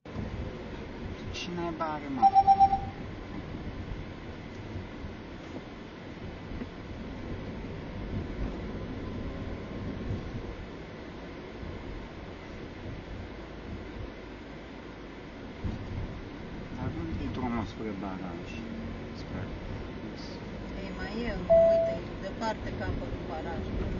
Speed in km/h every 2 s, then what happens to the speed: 40, 34, 32, 31, 36, 37, 35, 32, 31, 31, 36, 40.
0-5 slows to 31. 18-24 speeds up to 40.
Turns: none.